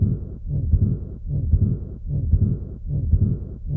The murmur of a patient with mixed aortic valve disease. The loud and harsh ejection systolic murmur, which is followed by a long decrescendo diastolic murmur. The second sound is absent, suggesting relatively more stenosis than regurgitation.